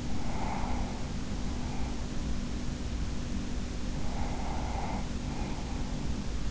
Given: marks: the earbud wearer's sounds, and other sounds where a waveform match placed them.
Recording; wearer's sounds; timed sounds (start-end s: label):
sounds in sleep by an in-ear microphone; breath
0.00-2.55 s: breath
3.94-6.30 s: breath